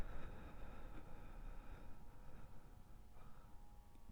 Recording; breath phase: one breath near a microphone; exhalation